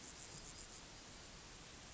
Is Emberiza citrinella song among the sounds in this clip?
no